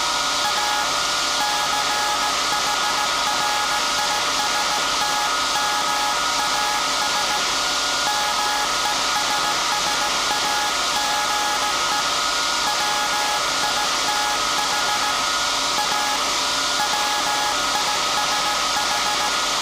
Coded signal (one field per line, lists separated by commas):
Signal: Morse code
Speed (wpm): 17 wpm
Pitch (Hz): 840 Hz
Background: none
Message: A CHRISTMAS MESSAGE WITH A WISH